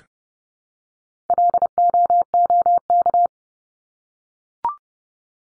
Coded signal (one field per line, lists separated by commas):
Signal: Morse code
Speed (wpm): 30 wpm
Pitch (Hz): 700 Hz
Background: none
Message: LOOK